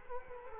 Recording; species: mosquito wingbeat signal from an infrared sensor; Culex quinquefasciatus